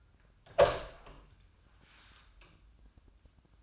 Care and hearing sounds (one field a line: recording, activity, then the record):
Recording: daily activity, microphone in the room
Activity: open door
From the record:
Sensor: 2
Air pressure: 1004.8 hPa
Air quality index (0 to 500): 74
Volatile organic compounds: 1 ppm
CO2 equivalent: 870 ppm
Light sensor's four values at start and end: 7/16/6/6 and 7/16/6/6